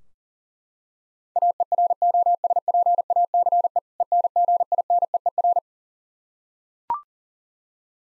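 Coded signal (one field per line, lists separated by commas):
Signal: Morse code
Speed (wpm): 40 wpm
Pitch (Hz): 700 Hz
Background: none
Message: AEROSPACE ENGINEER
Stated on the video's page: Morse code practice QSO at 40 wpm, "More Information" segment (ham fer, age, occupation), each segment sent, spoken, then sent again.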